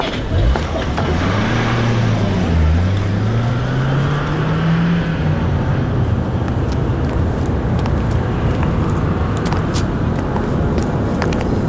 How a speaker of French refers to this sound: Tout près du cinéma, un policier ne se sert pas de la liaison radio habituelle, mais d'un talkie-walkie. On entend un ordre et une voiture de patrouille démarre en trombe.